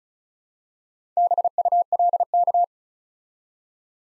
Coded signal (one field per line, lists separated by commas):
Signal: Morse code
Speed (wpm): 36 wpm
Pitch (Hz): 700 Hz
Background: none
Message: BULK